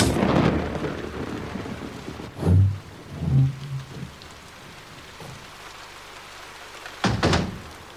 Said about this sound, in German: Das Wasser, das normalerweise aus dem Wasserhahn in der Küche oder im Bad kommt, fällt in solchen Mengen von oben runter, dass mein Fell klatschnass ist.